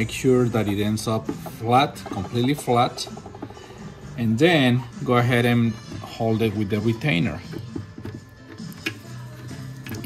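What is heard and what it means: Someone talks over background music while fitting the retainer ring for an X-7SEVENUSA X-Apollo 9007/9004 headlight bulb into the headlight housing; the retainer is keyed to one side. A sharp tick at 8.9 s marks the retainer seating in place.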